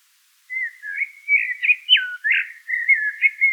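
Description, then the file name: Common blackbird song: one continuous mellow warble of fluted whistles, sliding notes and short twirls, steady and unhurried throughout. "Turdus merula"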